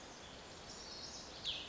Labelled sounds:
Cassin's Vireo (Vireo cassinii)

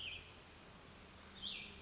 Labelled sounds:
Cassin's Vireo (Vireo cassinii)

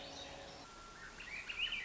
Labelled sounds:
Swainson's Thrush (Catharus ustulatus)

